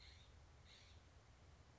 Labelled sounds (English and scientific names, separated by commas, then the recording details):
California Scrub-Jay (Aphelocoma californica)
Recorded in Sonoma County, California